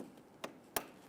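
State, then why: Seated. A plastic front outer parking assist sensor for a 2011-2019 Ford Explorer is pushed into its bumper mounting bracket, and two sharp clicks ring out at 0.4 s and 0.8 s, the second louder, as its two tabs lock it into place. The sensor is seated firmly in the bracket.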